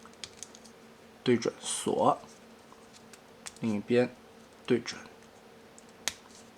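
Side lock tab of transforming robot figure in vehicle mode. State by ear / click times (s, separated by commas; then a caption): seated / 6.1 s. Someone talks while the plastic side lock tab on the other side of a Magic Square small-scale Transformers figure (Hun Tian Bao), in vehicle mode, is lined up and pushed in, with a few faint ticks along the way. A loud, sharp snap at 6.1 s shows the second lock point has seated.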